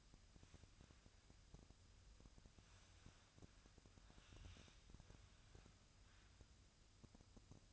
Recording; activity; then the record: daily activity, microphone in the room; wipe stove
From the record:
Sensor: 2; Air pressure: 1004.7 hPa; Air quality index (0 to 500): 80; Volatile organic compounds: 1 ppm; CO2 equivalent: 956 ppm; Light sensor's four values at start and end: 7/16/6/6 and 7/16/6/6